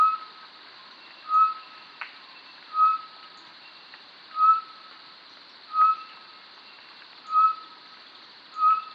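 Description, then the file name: Short-tailed batis call, a series of level piping whistles repeated evenly, with a few faint clicks between. "Batis mixta"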